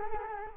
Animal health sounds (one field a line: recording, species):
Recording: mosquito wingbeat signal from an infrared sensor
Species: Culex quinquefasciatus